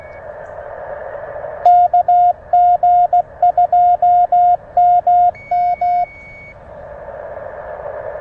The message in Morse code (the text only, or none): KG2MM